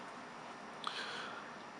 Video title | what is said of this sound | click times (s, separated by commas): Glock 30/30SF Field and Detail Strip - HD | push it up until it clicks | 0.9 s